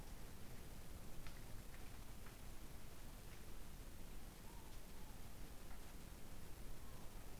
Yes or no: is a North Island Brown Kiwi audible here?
no